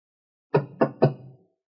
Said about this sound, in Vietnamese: Bên ngoài có tiếng gõ cửa.